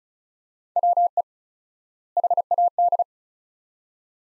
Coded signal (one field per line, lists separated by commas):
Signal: Morse code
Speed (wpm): 34 wpm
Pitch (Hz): 700 Hz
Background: none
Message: WE HAD